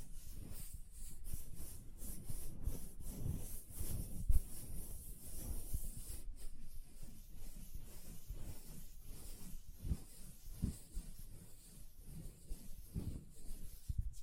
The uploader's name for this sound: ASMR Hand Sounds, Nail Tapping and Lotion Sounds